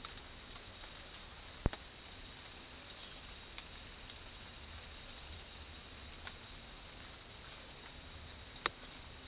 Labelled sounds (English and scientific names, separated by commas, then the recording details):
none
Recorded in secondary vegetation near Puerto Asís, Putumayo, Colombia, on 9 March 2025 at 14:30
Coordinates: 0.499, -76.323
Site G094